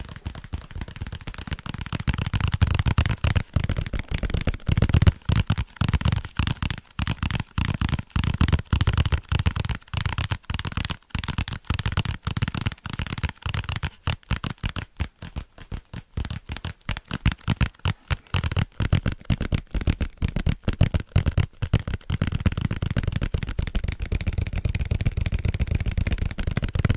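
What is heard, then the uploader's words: Fingers tap quickly on book spines in a dense, nearly continuous run of dry, crisp hits with a low thump under each. The pace stays fast throughout, with brief gaps and lighter stretches in the middle before the tapping thickens again toward the end. ASMR Fast And Tingly Tapping On Book Spines (No Talking).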